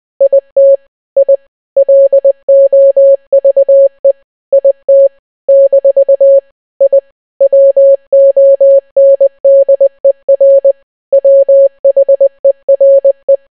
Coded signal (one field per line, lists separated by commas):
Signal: Morse code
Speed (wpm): 20 wpm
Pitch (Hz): 550 Hz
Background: none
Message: IT I LOVE IT - I WONDER WHERE